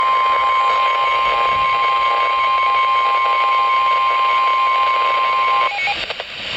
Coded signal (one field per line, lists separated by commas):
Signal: Emergency Alert System (SAME) tones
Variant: 1050 Hz attention tone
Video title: Special Marine Warning (EAS #856) 6/8/15